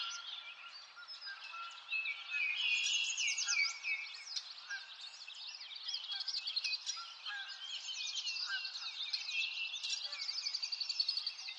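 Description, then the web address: Birds singing in a dense chorus, many overlapping high chirps and trills, quieter at first then swelling into a steady busy twitter. Birds in a forest; nature ambience. "Lynne Music. Nature Ambience Birds In A Forest"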